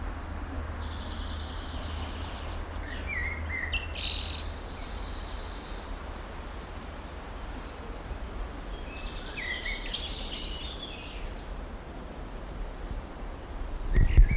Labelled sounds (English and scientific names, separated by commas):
Common Blackbird (Turdus merula) song